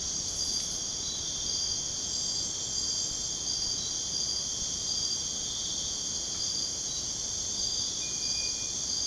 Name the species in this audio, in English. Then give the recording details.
none. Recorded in dense forest near Puerto Asís, Putumayo, Colombia, on 22 June 2025 at 00:30. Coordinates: 0.486, -76.317. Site G065